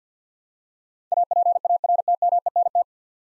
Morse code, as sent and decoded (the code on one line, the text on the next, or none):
.- .--. .- .-. - -- . -. -
APARTMENT